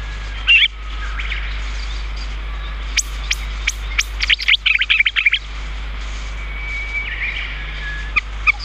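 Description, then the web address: Chestnut-cheeked starling calls: a rapid run of high, sharp chirps around midway, with scattered single notes and soft background whistles. "sikioto birds komukudori"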